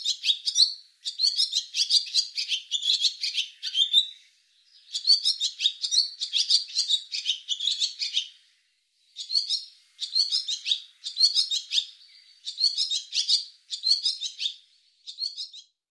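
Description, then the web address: Barn swallow song: long run of rapid squeaky twittering, then shorter chattering bursts at a steady pace after a pause. "cianscape birddata Deverinetal 2025"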